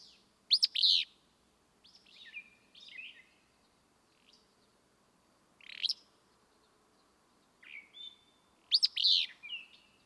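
Willow flycatcher repeating its sneezy, burry phrase a few times, with softer chirps and whistles in the pauses.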